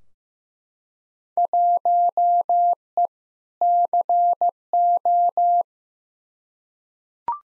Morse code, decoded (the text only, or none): 1E CO